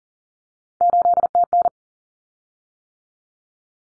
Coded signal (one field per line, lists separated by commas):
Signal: Morse code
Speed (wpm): 40 wpm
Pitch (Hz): 700 Hz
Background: none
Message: 8TN